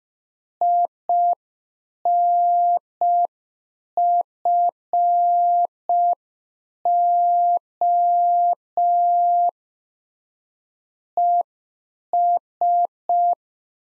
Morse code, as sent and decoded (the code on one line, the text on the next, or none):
.. -. ..-. --- / . ...
INFO ES